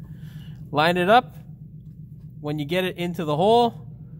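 An H7 halogen low beam bulb is lined up with the hole in a Mercedes headlight housing, ready to be twisted clockwise to lock in. Someone talks over a low steady hum, and no sharp sounds are heard. Nothing has seated or clicked yet.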